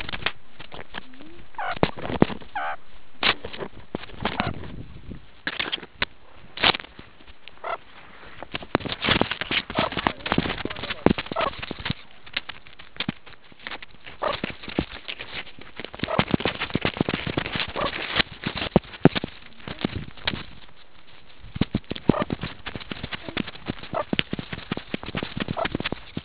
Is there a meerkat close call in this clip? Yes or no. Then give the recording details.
yes. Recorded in the Kuruman River Reserve, South Africa. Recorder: an audio tag on a meerkat's collar